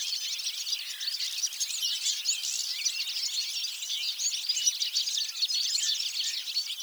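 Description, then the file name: European goldfinch song heard as a busy, continuous mix of high chirps, short trills and tinkling notes, layered and unbroken. "Carduelis carduelis"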